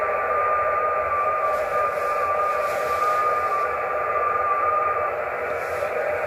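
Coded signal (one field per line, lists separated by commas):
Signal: FT8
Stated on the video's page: FT8 on VHF/UHF during the ARRL January VHF Contest on a Yaesu FT-857D, possibly with sporadic E propagation.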